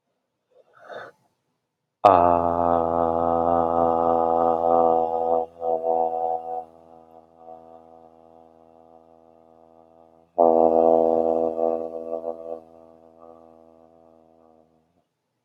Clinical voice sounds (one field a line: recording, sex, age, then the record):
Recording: vowel held as long as possible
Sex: male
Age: 20 to 29 years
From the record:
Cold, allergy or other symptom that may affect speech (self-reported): no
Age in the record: 23 years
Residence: Ohio, United States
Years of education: 16